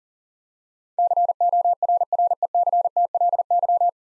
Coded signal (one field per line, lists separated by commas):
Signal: Morse code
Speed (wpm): 41 wpm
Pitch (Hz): 700 Hz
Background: none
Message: CORRECTLY